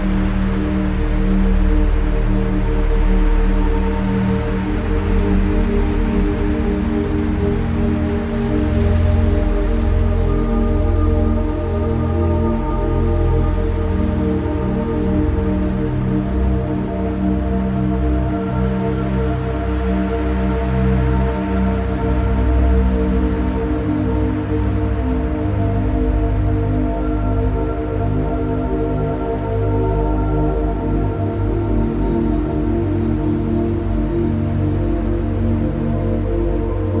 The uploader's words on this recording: 432 Hz relaxing music with wind sounds for sleeping, relaxation and stress relief.